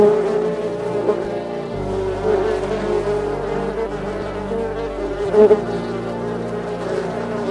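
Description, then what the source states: Honey bees buzzing in a thick, continuous hum, with a brief louder burst near the end. Soft buzzing around a huge beehive deep in a forest.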